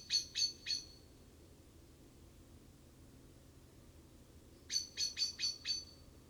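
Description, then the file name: Common blackbird giving short clicking chink calls, three quick notes, then a pause of several seconds, then a run of five. "Turdus merula"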